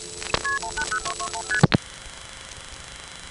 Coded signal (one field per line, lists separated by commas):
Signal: multi-frequency trunk signalling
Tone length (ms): 80 ms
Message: KP180221ST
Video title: Dialing the "1xx" Codes from Greenville NC Coin Phones part 2, 1978;1980